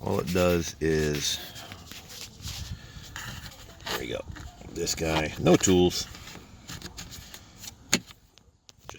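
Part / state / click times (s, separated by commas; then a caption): plastic push pin in glove box trim / seated / 7.9 s. While removing the glove box of a 2019–2020 Kia Sorento for an LED light conversion, a plastic push pin in the glove box trim is pressed in by hand with no tools as someone talks. A sharp click is heard at 7.9 s as the pin snaps into place and seats.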